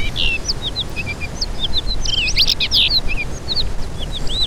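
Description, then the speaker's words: Blue rock thrush song, a varied run of short whistled and warbled phrases, fairly high and quick, over a steady low rumble of background noise. Sung these days; lives in stony, rocky areas, river valleys and ruins of abandoned villages and towns. "Und dann einen sehr schönen wohlfeilen Gesang, den man dieser Tage tatsächlich auch hören kann."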